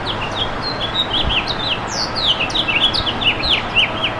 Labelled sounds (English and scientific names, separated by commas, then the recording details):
House Finch (Haemorhous mexicanus) song
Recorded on Long Island, New York, on 11 June 2012
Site HB
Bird D